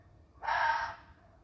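Fox giving one rasping, breathy shriek that lasts roughly half a second.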